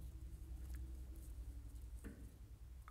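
A valve core is unscrewed with a valve core removal tool from a refrigerant service port holding R410A pressure, with inward pressure applied against the gas pushing outward. A steady low hum runs throughout, with small ticks near 0.8 and 1.2 seconds. A sharp click at 2.9 seconds marks the core coming free of the port threads, and it is confirmed released outside the threads.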